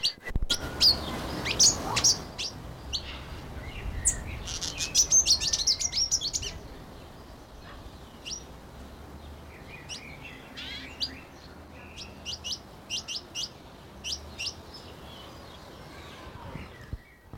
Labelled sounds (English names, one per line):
Pin-tailed Whydah